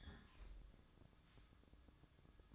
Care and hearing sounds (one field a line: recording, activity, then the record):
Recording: daily activity, microphone in the room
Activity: close fridge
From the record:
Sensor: 3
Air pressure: 1007.7 hPa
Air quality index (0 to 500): 57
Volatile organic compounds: 1 ppm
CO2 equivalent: 602 ppm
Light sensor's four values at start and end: 14/32/13/14 and 14/32/13/14